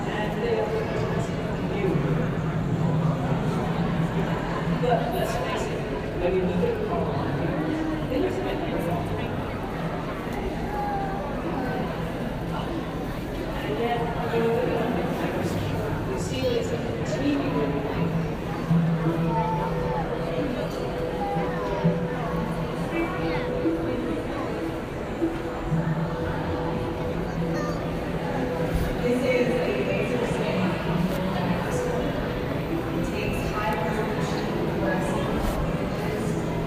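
A dense, steady murmur of many voices talking at once fills New York City street and subway noise, with a low rumble running underneath throughout. Occasional clicks and footsteps break through, and a faint held tone appears briefly around the middle.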